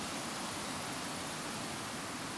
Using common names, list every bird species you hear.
none